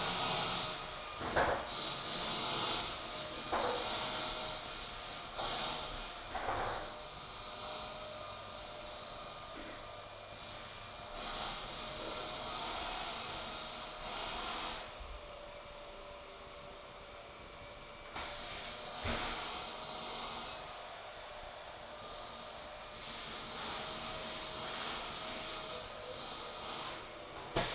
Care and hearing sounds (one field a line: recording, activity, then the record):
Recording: daily activity, microphone in the room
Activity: vacuum cleaning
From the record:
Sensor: 5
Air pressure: 1010.3 hPa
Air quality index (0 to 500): 120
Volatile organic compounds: 2 ppm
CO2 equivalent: 1180 ppm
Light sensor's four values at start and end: 494/1256/521/580 and 495/1260/523/581